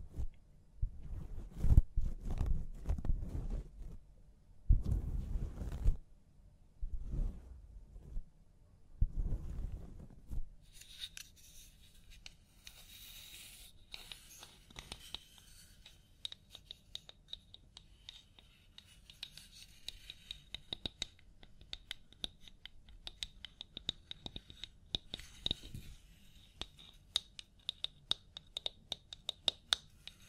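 A scalp massage and hair wash, opening with a few heavy, muffled rubbing bursts around the second, fifth and ninth seconds. From about ten seconds on, a dense, bright crackling scratch of fingers working through hair runs steadily, dotted with sharp little clicks.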